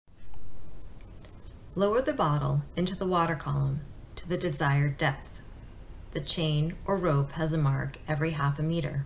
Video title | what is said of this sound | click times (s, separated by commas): VLAP Lake Sampling Refresher | when you pull the ends apart the bottle should click into a locked open position | 1.2 s